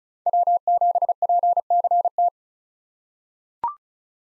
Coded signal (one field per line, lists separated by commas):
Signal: Morse code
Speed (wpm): 36 wpm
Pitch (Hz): 700 Hz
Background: none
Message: W7PCT